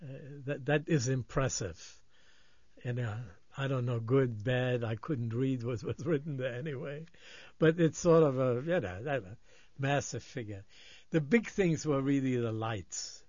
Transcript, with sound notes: that is impressive. I don't know, good, bad, I couldn't read what was written there (laughs) anyway. But it's sort of a you know, that massive figure. The big things were really the lights.